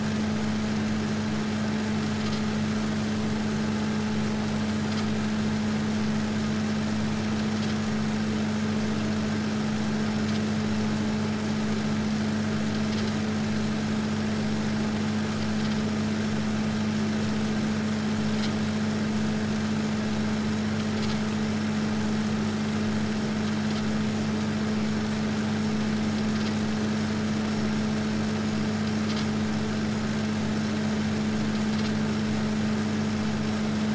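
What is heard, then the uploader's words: A film projector runs with a steady, loud low hum and motor drone, faint regular clicks ticking through it every couple of seconds. Kinoton film projector [field recording]. A recording of a customized Kinoton FP30 projector, used at an experimental film screening at the Stedelijk Museum, Amsterdam.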